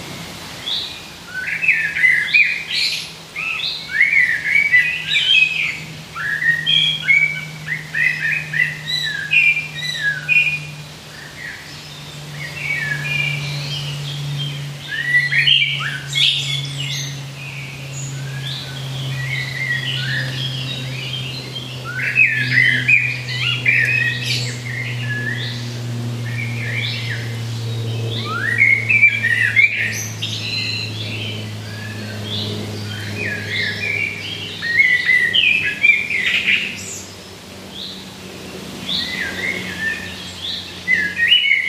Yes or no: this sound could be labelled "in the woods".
yes